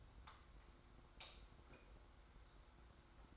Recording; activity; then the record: daily activity, microphone in the room; light on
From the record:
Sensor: 3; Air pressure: 991.0 hPa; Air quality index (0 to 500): 115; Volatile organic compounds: 70 ppm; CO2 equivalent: 3521 ppm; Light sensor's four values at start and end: 36/86/35/33 and 39/95/38/36